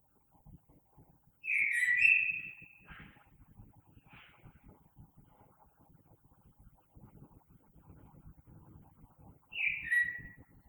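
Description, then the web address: Common blackbird song: one rich whistled phrase with a few soft trailing notes, then quiet for several seconds before a second brief fluting phrase. Recorded 3 March 2020. "oiseaux Merle 2020 03 03"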